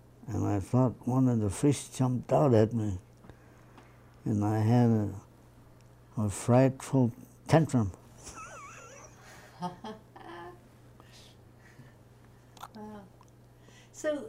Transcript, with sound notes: and I thought one of the fish jumped out at me, and I had a frightful tantrum. [Laughs]
Wow. So